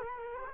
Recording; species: mosquito wingbeat signal from an infrared sensor; Culex quinquefasciatus